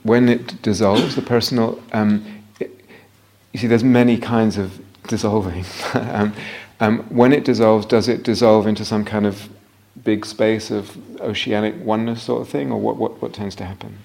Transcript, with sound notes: When it dissolves, the personal, there are many kinds of dissolving. [laughs] When it dissolves, does it dissolve into some kind of big space of oceanic oneness sort of thing, or what tends to happen?